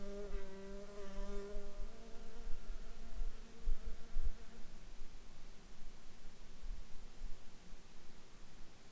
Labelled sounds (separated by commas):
insects